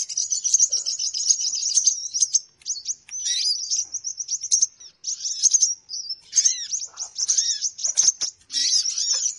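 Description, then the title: Many small birds twittering at high pitch, bursts of rapid chirps separated by brief pauses, with sharp down-slurred notes scattered through. Lure call to attract birds; many noisy birds said to gather quickly. "Baru Diputar Dah Banyak Merapat! Suara Pikat Burung Ribut"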